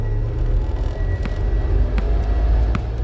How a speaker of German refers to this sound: Auf der Straße stieg er in ein Auto und fuhr davon.